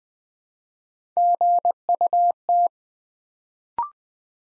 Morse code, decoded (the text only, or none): GUT